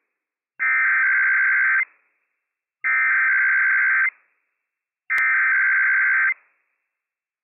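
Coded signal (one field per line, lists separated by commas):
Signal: Emergency Alert System (SAME) tones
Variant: header bursts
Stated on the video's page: IPAWS required weekly test issued by civil authorities for California, Nevada, Oregon and Washington, with operational EAS tones.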